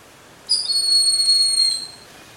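Broad-winged Hawk call: a single high, thin, steady whistle held for about a second and a half.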